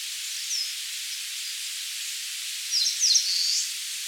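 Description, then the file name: Eastern crowned warbler song: one high, buzzy, hurried phrase of slurred notes near the end, after a faint note early on, over steady hiss. "Phylloscopus coronatus"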